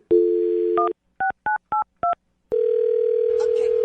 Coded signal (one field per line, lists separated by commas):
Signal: DTMF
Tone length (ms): 130 ms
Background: speech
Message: 16982